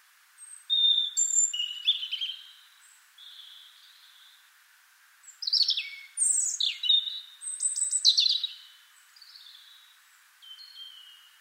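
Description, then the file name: European robin singing varied phrases of high whistles, steep downward slurs and twittering notes, separated by short pauses. "Erithacus rubecula"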